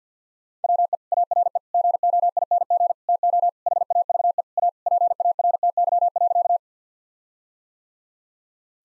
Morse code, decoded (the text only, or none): WE ARE GOING TO HAVE A PARTY.